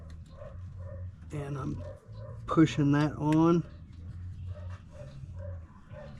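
Someone talks while pushing a wiring harness connector onto the plastic base of a new headlight bulb on a 2008–2013 Silverado/Sierra, lining it up without touching the glass; the new bulb replaces the burned-out low-beam bulb. Nothing has seated or clicked yet.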